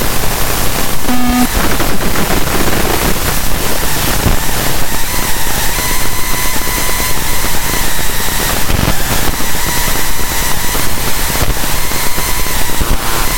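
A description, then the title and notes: Loud, dense, steady electronic hiss and hum from inside a computer, with faint tonal whines around the middle and brief crackles throughout. All sounds from highly amplified internal sound system noise in a pentium iii computer.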